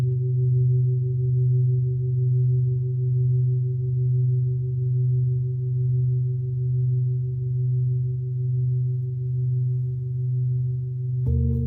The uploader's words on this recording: Tibetan Singiing Bowl のサウンドヒーリングチャンネル LIVE.